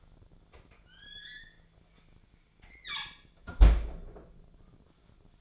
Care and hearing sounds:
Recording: daily activity, microphone in the room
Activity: close fridge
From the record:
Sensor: 5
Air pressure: 1009.7 hPa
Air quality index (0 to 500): 165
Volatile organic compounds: 4 ppm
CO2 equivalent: 1600 ppm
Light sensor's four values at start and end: 109/280/117/125 and 107/276/114/122

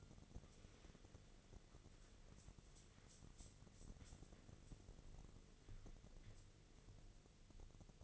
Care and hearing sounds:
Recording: daily activity, microphone in the room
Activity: wipe stove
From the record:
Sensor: 4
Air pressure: 1001.3 hPa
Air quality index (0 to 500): 186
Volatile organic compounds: 3 ppm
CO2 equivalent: 1329 ppm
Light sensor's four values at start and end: 13/30/12/13 and 13/30/12/13

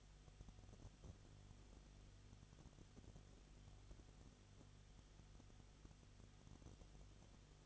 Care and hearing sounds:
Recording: daily activity, microphone in the room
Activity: no activity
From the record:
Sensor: 4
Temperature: 22.7 degrees Celsius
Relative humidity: 31.7%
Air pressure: 995.4 hPa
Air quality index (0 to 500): 158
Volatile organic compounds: 2 ppm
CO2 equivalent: 1253 ppm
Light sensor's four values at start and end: 2/3/1/1 and 2/3/1/1

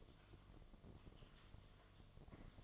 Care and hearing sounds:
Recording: daily activity, microphone in the room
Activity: typing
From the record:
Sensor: 4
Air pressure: 1005.2 hPa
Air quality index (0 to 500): 182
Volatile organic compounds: 5 ppm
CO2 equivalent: 1791 ppm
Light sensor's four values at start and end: 6/12/5/4 and 6/12/5/4

